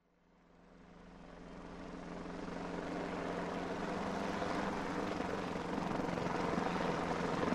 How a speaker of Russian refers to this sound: Низко, чуть ли не цепляя брюхом деревья на вершинах сопок, рассекая воздух лопастями, пролетел вертолет.